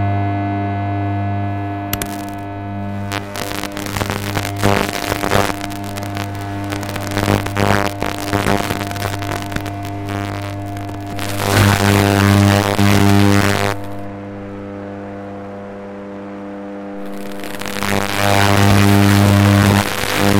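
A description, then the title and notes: A high-voltage transformer station hums with a deep, steady drone layered with evenly spaced buzzing tones. Bursts of hissy crackle flare up around 2 to 11 seconds, again near 11.5 to 14 seconds, and from about 17 seconds on, over the constant hum. High Voltage Electricity Sound Effects. High-voltage transformer station ambiences.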